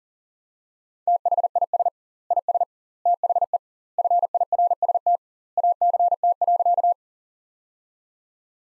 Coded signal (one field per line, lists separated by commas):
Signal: Morse code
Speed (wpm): 40 wpm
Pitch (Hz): 700 Hz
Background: none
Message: THIS IS THE FIRST ACT.